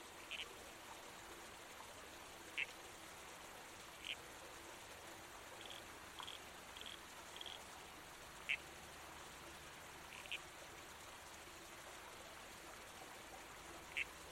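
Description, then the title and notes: Red-crowned toadlet giving brief, sharp single calls spaced irregularly a second or more apart, against a steady wash of creek noise. At night beside a babbling creek in the bush, with trees swaying in the wind. "Red-Crowned Toadlet. Nocturnal Worlds. Australian Museum"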